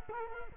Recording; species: mosquito wingbeat signal from an infrared sensor; Culex quinquefasciatus